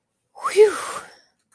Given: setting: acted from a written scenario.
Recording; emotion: vocal sound without words; relief